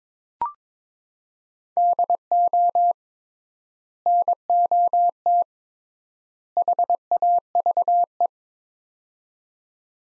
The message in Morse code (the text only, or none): DO NOT HAVE